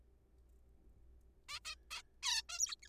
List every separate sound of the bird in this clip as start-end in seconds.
1.49-1.59, 1.65-1.75, 1.91-2.02, 2.23-2.42, 2.49-2.59, 2.59-2.75, 2.83-2.89